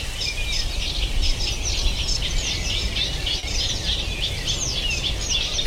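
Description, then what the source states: Eurasian reed warbler song, a dense run of chattering, grating notes over steady low rumbling background noise. Large reed marsh, early morning; sings almost all night in this season; heard with sedge warblers, reed warbler the dominant singer.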